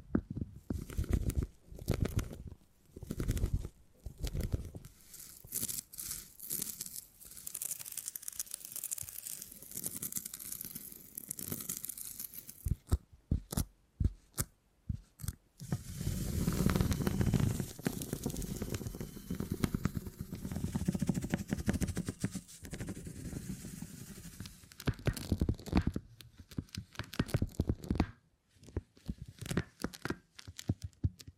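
Beeswax being handled in quick, sticky bursts of crinkling and tearing, with short pauses between them. The sounds come in uneven clusters of soft crackles and squishes, busiest around the middle, with a low rumble underneath and a few quiet gaps near the end.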